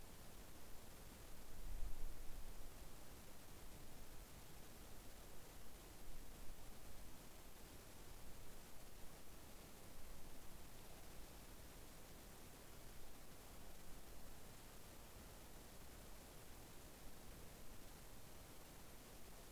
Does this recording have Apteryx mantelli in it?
no